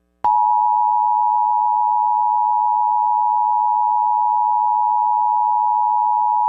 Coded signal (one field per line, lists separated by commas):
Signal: Emergency Alert System (SAME) tones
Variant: 853 and 960 Hz attention tone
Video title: EAS MOCK 35- AMBER ALERT FOR SAN DIEGO AND IMPERIAL COUNTIES CALIFORNIA